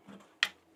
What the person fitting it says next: So, there is a specific position that these need to go into, and they snap right in.